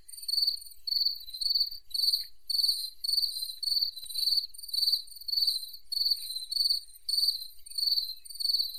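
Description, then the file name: Cricket chirping in rhythmic high bursts, repeating a little under twice per second, steady and even throughout. By a lake. "Crickets Calling By The Lake"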